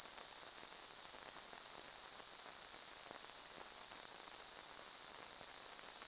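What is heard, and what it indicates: A steady, very high-pitched hissing tone, a band of noise centered around 6 to 7 kHz, holds at one level, unchanging, for about six seconds with no other sounds. It is a simulation of tinnitus, the ringing or hissing a person hears in the ears without any outside sound.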